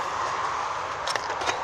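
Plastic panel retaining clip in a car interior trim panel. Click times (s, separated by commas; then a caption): 1.2 s. A plastic trim tool is pushed into the edge of an interior trim panel on a 2010-onwards VW Touareg and levered, while the panel is removed to wire a dash cam, over a steady broadband hiss. A sharp click at 1.2 s is the plastic retaining clip letting go, with the panel still a bit tight because the car is brand new and it has never been off. The clip pops out and releases.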